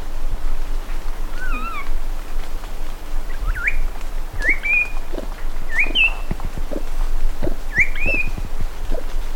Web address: parrots coracopsis